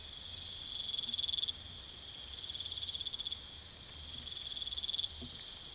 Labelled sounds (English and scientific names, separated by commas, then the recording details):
none
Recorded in pastures near Puerto Asís, Putumayo, Colombia, on 21 December 2024 at 03:30
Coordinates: 0.486, -76.323
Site GP01